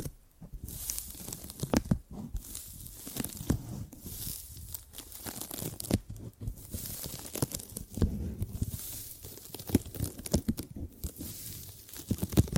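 Gripping and grabbing sounds: dense, irregular crinkly rustles and tearing-like scrapes with frequent sharp snaps, swelling in brief busy bursts throughout.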